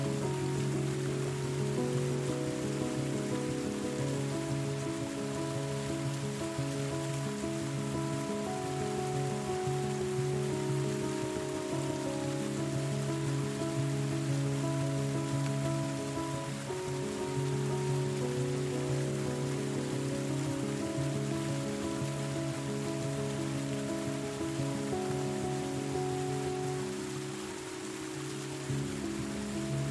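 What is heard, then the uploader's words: A river flows steadily under soft, sustained music, its water sound a dense, even hiss spread across the highs like light rain. Low, warm held tones and gentle mid-range notes shift slowly, with a brief dip around seventeen seconds before continuing. The tranquil flow of a river and soft sleeping music.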